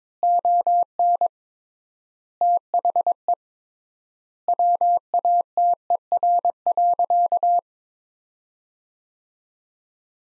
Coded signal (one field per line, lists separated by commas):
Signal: Morse code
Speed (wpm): 22 wpm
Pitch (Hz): 700 Hz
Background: none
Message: ON THE WATER.